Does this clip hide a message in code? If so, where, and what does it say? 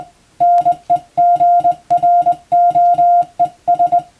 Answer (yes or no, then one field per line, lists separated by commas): yes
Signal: Morse code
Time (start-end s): 0.4-4.0 s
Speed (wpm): 20 wpm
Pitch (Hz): 700 Hz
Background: music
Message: NEGROES